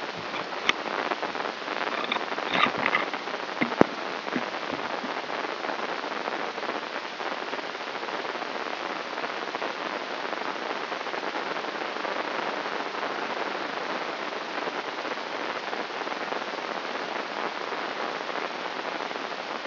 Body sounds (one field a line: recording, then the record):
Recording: brain microelectrode recording played as sound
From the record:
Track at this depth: outside the subthalamic nucleus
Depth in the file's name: 8.228 mm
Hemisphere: left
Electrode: 3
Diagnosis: Parkinson's disease